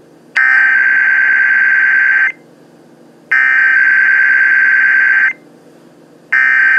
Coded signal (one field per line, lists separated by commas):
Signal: Emergency Alert System (SAME) tones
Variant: header bursts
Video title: Monday Morning Weeklies (EAS #3039-3046)